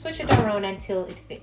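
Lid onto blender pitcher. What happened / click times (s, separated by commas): The lid is being turned and lined up but has not clicked home yet / none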